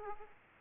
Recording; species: mosquito wingbeat signal from an infrared sensor; Aedes aegypti